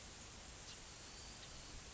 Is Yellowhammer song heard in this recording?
no